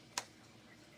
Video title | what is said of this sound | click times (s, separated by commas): Gerber StrongArm Review | I like the click. I like the security of the click. The click lets me know | 0.2 s